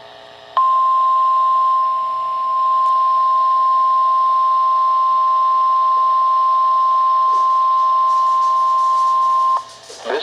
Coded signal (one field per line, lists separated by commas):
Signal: Emergency Alert System (SAME) tones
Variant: 1050 Hz attention tone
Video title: (EAS #725) Required Weekly Test (KEC55)